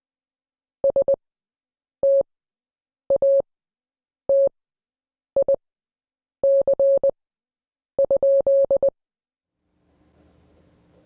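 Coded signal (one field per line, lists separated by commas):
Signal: Morse code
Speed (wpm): 20 wpm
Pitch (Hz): 550 Hz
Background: none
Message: STATIC?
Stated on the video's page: Morse code class lesson.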